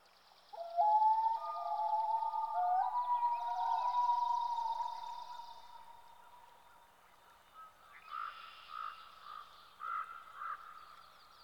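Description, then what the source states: Loon wail, a long tone held for several seconds that rises slightly partway through. Loon sounds on Echo Lake.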